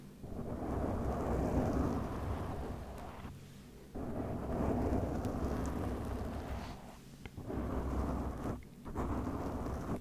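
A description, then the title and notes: Microphone scratching with no talking: a dense, rough rustle filling the lows and mids almost continuously. It drops out briefly around 3 to 4 seconds and again near 7 and 8.7 seconds, with a few sharp ticks and scrapes scattered throughout. ASMR Mic Scratching no Talking, MIT/OHNE Cover.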